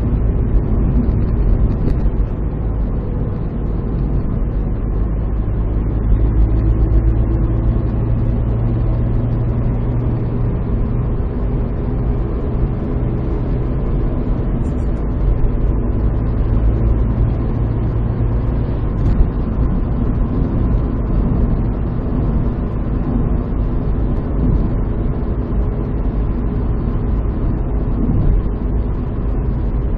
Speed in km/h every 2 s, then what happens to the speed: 75, 72, 73, 78, 82, 84, 87, 87, 90, 88, 87, 85, 84, 83, 82.
3-15 speeds up to 90. 15-30 steady at about 85.